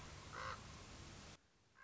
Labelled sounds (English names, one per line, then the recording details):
Common Raven
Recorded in Sonoma County, California